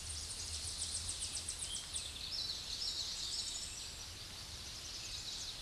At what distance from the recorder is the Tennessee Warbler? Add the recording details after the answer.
about 30 m. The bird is about 5 m above the microphone. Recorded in a Pennsylvania forest on 16 May 2024 at 08:27. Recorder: AudioMoth, point MSD-0661. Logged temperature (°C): 15.8 °C. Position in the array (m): 33 m, 101 m